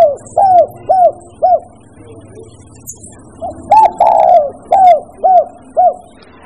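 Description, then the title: Bird giving short, clear, arched cooing notes, repeated roughly twice per second with a brief pause midway, over a low background hum. Mixed birds. "manuk campur"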